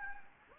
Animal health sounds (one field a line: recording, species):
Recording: mosquito wingbeat signal from an infrared sensor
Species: Anopheles gambiae